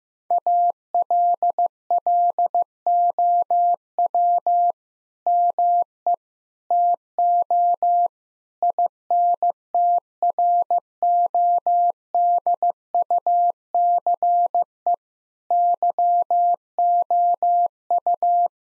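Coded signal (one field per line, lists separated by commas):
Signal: Morse code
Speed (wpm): 15 wpm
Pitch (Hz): 700 Hz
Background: none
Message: ALLOW ME TO INTRODUCE YOU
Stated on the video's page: Head-copy drill of sentences from the top 1600 words at 15 wpm; each sentence is sent in Morse, then spoken, then repeated.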